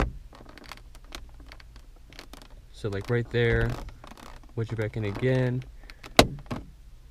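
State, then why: Released. Someone talks while prying the plastic interior dome light lens out of its roof headliner housing on a 2012–2016 Chevy Sonic, with a few faint ticks of handling in the background. At 6.2 s a loud single snap is heard as one of the retaining tabs lets go and the lens clicks open, released from the housing.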